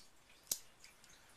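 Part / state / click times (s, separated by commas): folding handle of a multitool locking plier locking into its open position / seated / 0.5 s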